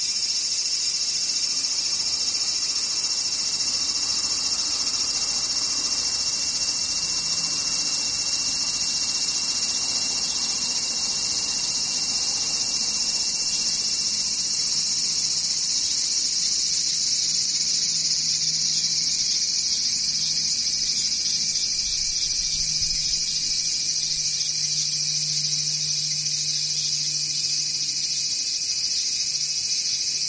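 Cicadas drone without pause for the whole clip, a dense, bright, shimmering buzz that holds at one level from start to finish. Beneath it a faint low hum rises and fades, strongest in the middle and later seconds.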